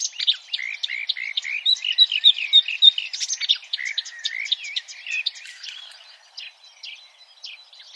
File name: suara kicauan burung marsh warbler. omkicau